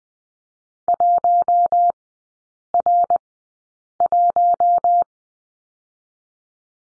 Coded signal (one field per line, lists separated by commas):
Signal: Morse code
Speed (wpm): 20 wpm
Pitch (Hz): 700 Hz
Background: none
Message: 1R1